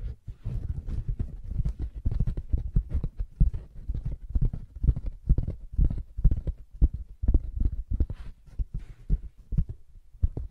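Soft fabric being tapped and scratched in quick, uneven pats, dull and low thuds with light scuffing, continuing densely throughout.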